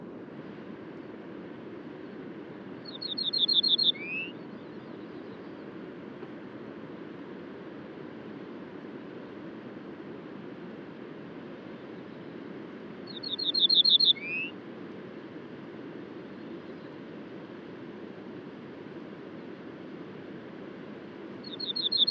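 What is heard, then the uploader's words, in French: Birds at daybreak, heard as a short, rapid trill repeated about every ten seconds, near 3.5 s, 13 s and again at the end, each ending with a brief rising note. Between the calls, a steady low rumble fills the background. Lever du jour à l'écoute des oiseaux au col du Granon (2400 m altitude) dans les Hautes Alpes au-dessus de Briançon.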